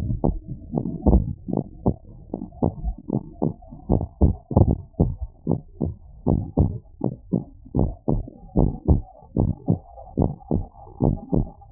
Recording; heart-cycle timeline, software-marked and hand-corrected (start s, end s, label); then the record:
heart sounds
0.00	0.07	S1
0.07	0.25	systole
0.25	0.37	S2
0.37	0.75	diastole
0.75	0.87	S1
0.87	1.07	systole
1.07	1.23	S2
1.23	1.57	diastole
1.57	1.67	S1
1.67	1.87	systole
1.87	1.95	S2
1.95	2.33	diastole
2.33	2.43	S1
2.43	2.63	systole
2.63	2.75	S2
2.75	3.13	diastole
3.13	3.23	S1
3.23	3.43	systole
3.43	3.53	S2
3.53	3.91	diastole
3.91	4.03	S1
4.03	4.21	systole
4.21	4.33	S2
4.33	4.61	diastole
4.61	4.77	S1
4.77	5.01	systole
5.01	5.13	S2
5.13	5.49	diastole
5.49	5.61	S1
5.61	5.83	systole
5.83	5.93	S2
5.93	6.27	diastole
6.27	6.41	S1
6.41	6.59	systole
6.59	6.71	S2
6.71	7.05	diastole
7.05	7.15	S1
7.15	7.33	systole
7.33	7.43	S2
7.43	7.77	diastole
7.77	7.91	S1
7.91	8.09	systole
8.09	8.21	S2
8.21	8.57	diastole
8.57	8.71	S1
8.71	8.89	systole
8.89	9.01	S2
9.01	9.37	diastole
9.37	9.49	S1
9.49	9.69	systole
9.69	9.79	S2
9.79	10.19	diastole
10.19	10.31	S1
10.31	10.53	systole
10.53	10.63	S2
10.63	11.03	diastole
11.03	11.15	S1
11.15	11.33	systole
11.33	11.45	S2
11.45	11.72	diastole
From the record:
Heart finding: normal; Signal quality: good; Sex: female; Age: 28 years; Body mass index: 18.8